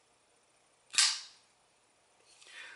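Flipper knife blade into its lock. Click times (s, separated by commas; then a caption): 1.0 s. A custom mokume flipper knife from Down Under is flipped open close to the microphone, and its blade snaps into its lock with a very solid, sharp thunk at 1.0 s. A softer, fainter rustle follows around 2.4–2.7 s. The blade locks open securely.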